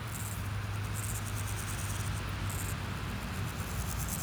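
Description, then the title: Grasshopper: short, high-pitched pulsed buzzes from grasshoppers come and go in brief bursts above a continuous low hum of road traffic. Grasshoppers on a sunny day at Pins Noirs, Chaussée de Tervueren, Auderghem, Brussels, Belgium, with car traffic; recorded with DPA 4060 microphones in AB position on a Zoom F3. "Chaussée de Tervueren, Pins Noirs, Auderghem, Bruxelles-Capitale, 1160, Belgique - Sauterelles - Grasshoppers"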